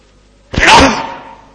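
A single sneeze bursts out after a short silence, sharp and loud at first, with a breathy, hissing spray that fades over about a second.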